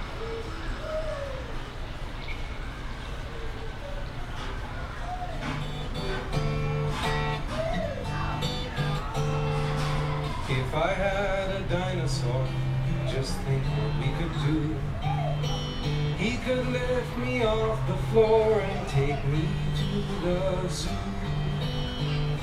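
A walk through Animal Kingdom, with steady crowd chatter and overlapping voices filling the whole stretch. A low hum runs underneath throughout, while sharp clicks and knocks and bursts of brighter voices come and go, busier from around six seconds on.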